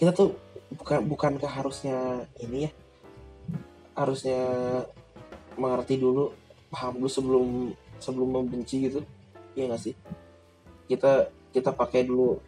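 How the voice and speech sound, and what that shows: An adult man speaks Indonesian with repeated words and phrases, drawn-out sounds and frequent pauses, fitting mild stuttering. He is practising speaking without stuttering.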